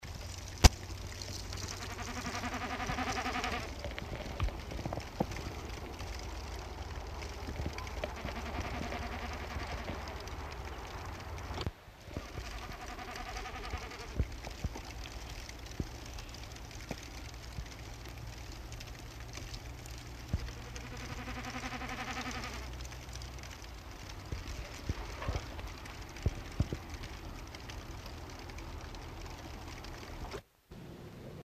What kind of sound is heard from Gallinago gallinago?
bleating